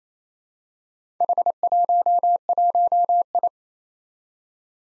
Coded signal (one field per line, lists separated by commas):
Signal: Morse code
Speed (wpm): 29 wpm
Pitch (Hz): 700 Hz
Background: none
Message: H11I